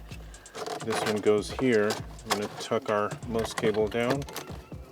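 Someone talks while handling the second plastic air vent at the dashboard, tucking a cable down before pushing the vent in. Faint handling noises sound under the voice, including brief ticks near 0.3 and 0.5 seconds. The vent has not snapped into the dash yet; nothing has seated or clicked.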